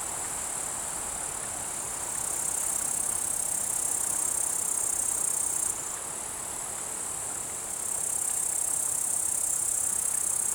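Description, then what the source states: Upland green bush-cricket stridulating in a continuous high, hissing buzz that grows louder, drops back briefly, then swells again. Tettigonia cantans; recorded 7 August 2020 at 16:10, Vallon de Combeau, Vercors; alpine pasture; Nagra Seven with B&K omni microphone.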